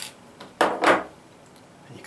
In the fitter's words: you'll hear it click your